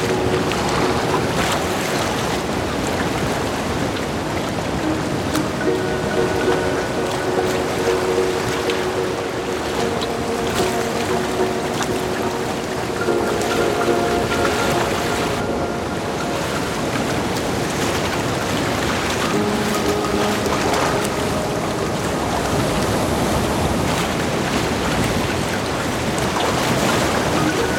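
Steady, dense rushing of wind and lapping waves on a sailboat outing on a lake, with faint tonal creaks and hums drifting through throughout.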